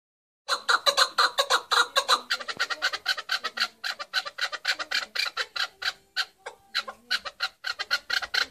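Partridge calls: a rapid, harsh, clucking series of broad notes, repeated several times a second for about eight seconds.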